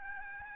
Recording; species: mosquito wingbeat signal from an infrared sensor; Aedes albopictus